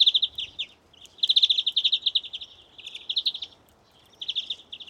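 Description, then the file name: European greenfinch giving rapid, rolling chirped trills in bursts, with short pauses between each trilled phrase. "Chloris chloris"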